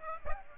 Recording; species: mosquito wingbeat signal from an infrared sensor; Aedes aegypti